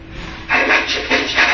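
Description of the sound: Hissy, whisper-like noise bursts following the rhythm of the short sentence 'I like to play chess', simulating speech heard through a 4-channel cochlear implant; too little frequency detail to make out the words.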